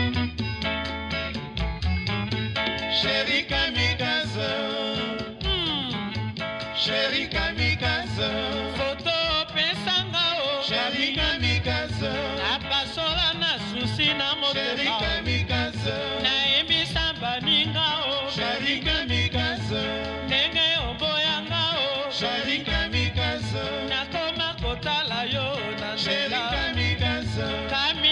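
Congolese rumba plays steadily and densely throughout, with a pulsing bass line, busy interlocking guitar lines and bright upper notes at constant loudness.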